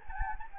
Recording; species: mosquito wingbeat signal from an infrared sensor; Anopheles gambiae